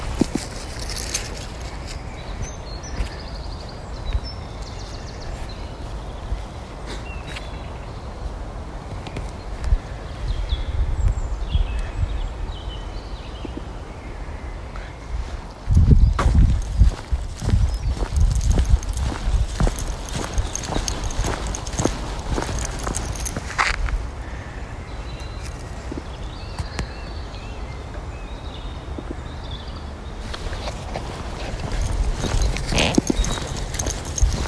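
A walk in the woods with a dog: steady crunching footsteps and rustling run throughout, with a low rumble underneath. Louder bursts of crackling come around sixteen seconds and again near the end, and faint bird chirps sit in the background.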